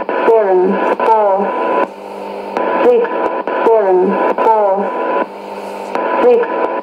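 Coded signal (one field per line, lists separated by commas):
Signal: numbers station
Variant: E17z English Lady, English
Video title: 09 02 2017 Numbers station E17z English Lady in English to Eu 0810 on 9820 in CUSB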